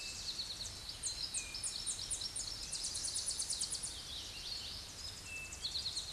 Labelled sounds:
Tennessee Warbler song
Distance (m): 30 m
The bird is about 5 m above the microphone
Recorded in a Pennsylvania forest on 16 May 2024 at 07:48
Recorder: AudioMoth, point MSD-1892
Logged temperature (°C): 14.5 °C
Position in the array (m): 82 m, 75 m

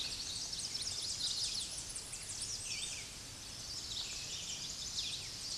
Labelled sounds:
Tennessee Warbler song
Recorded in a Pennsylvania forest on 16 May 2024 at 07:59
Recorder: AudioMoth, point MSD-0407
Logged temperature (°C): 15.8 °C
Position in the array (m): 18 m, 121 m

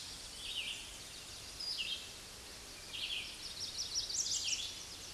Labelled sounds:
Red-eyed Vireo song
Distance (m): 20 m
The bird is about 20 m above the microphone
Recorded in a Pennsylvania forest on 16 May 2024 at 06:41
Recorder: AudioMoth, point MSD-0079
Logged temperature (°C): 16.1 °C
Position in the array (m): 165 m, 73 m

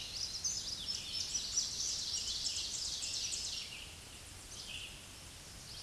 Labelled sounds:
Ovenbird song
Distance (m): 40 m
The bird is about 5 m above the microphone
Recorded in a Pennsylvania forest on 16 May 2024 at 07:52
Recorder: AudioMoth, point MSD-2166
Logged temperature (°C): 16.3 °C
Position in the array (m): 147 m, -11 m

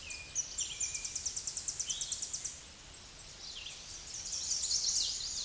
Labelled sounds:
Tennessee Warbler song
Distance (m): 25 m
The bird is about 20 m above the microphone
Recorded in a Pennsylvania forest on 16 May 2024 at 07:17
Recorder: AudioMoth, point MSD-2074
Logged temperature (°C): 16.3 °C
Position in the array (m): 158 m, 218 m

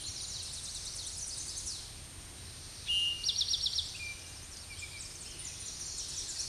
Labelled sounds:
Eastern Towhee song
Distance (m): 15 m
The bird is about 10 m above the microphone
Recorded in a Pennsylvania forest on 16 May 2024 at 07:39
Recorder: AudioMoth, point MSD-2494
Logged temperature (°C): 15.6 °C
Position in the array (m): 181 m, 181 m

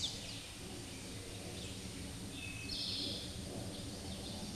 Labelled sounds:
Eastern Towhee song
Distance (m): 35 m
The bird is about 5 m below the microphone
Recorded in a Pennsylvania forest on 16 May 2024 at 09:47
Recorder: AudioMoth, point MSD-2391
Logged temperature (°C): 15.0 °C
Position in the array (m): 105 m, 8 m

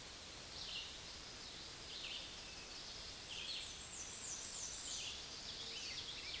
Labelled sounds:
Red-eyed Vireo song
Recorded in a Pennsylvania forest on 16 May 2024 at 09:07
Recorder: AudioMoth, point MSD-1539
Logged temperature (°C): 16.0 °C
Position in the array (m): 150 m, 27 m

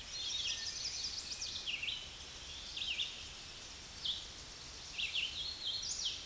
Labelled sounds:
Red-eyed Vireo song
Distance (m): 35 m
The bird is about 25 m above the microphone
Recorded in a Pennsylvania forest on 16 May 2024 at 08:31
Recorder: AudioMoth, point MSD-2095
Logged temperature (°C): 16.3 °C
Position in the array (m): 166 m, 72 m

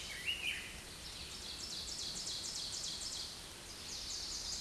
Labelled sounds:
Ovenbird song
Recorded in a Pennsylvania forest on 16 May 2024 at 06:59
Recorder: AudioMoth, point MSD-0475
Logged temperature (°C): 12.3 °C
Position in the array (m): 82 m, -3 m

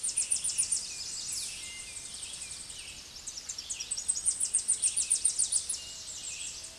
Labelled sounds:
Tennessee Warbler song
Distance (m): 40 m
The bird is about 10 m above the microphone
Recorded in a Pennsylvania forest on 16 May 2024 at 07:32
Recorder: AudioMoth, point MSD-2478
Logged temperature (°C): 15.6 °C
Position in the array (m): 81 m, 221 m

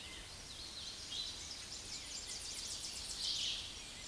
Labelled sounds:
Tennessee Warbler song
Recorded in a Pennsylvania forest on 16 May 2024 at 07:15
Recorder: AudioMoth, point MSD-2306
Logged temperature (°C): 15.6 °C
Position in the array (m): 18 m, 43 m

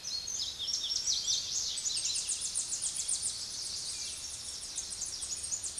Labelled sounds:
Tennessee Warbler song
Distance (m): 30 m
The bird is about 25 m above the microphone
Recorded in a Pennsylvania forest on 16 May 2024 at 06:18
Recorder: AudioMoth, point MSD-2349
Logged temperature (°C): 15.8 °C
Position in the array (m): 31 m, 60 m

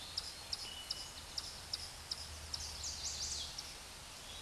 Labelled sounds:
Chestnut-sided Warbler song
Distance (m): 35 m
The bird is about 15 m above the microphone
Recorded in a Pennsylvania forest on 16 May 2024 at 08:08
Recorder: AudioMoth, point MSD-2142
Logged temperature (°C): 16.7 °C
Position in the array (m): 15 m, 24 m

